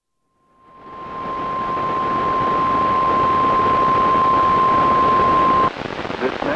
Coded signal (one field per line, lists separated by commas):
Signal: Emergency Alert System (SAME) tones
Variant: 1050 Hz attention tone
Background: speech